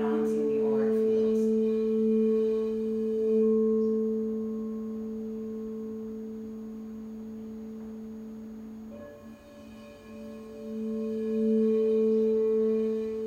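A singing bowl rings out for a sound bath, its low, steady hum layered with a clearer tone above and faint shimmering overtones. The ring slowly softens through the middle, then a fresh strike near nine seconds swells it back to full strength.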